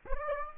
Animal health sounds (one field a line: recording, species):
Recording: mosquito wingbeat signal from an infrared sensor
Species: Aedes aegypti